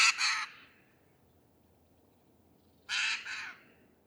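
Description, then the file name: Eurasian jay uttering two hoarse, tearing screeches, then a pause of over two seconds before another harsh double screech. "Garrulus glandarius"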